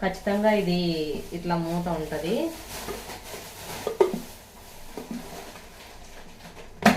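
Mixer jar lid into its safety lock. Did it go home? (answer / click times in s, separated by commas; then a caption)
yes / 6.9 s. A mixer grinder jar lid is placed on the jar and pressed down firmly until its safety lock engages, while someone talks over the first part. A small knock sounds at 4.0 s, and the lid locks into place with a louder, sharp click at 6.9 s; the mixer will not switch on unless this lock is engaged.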